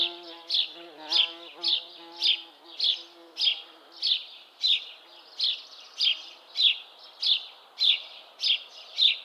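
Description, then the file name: House sparrow chirping insistently, many sharp chirps at a steady pace, with a faint droning hum in the first few seconds. "Passer domesticus"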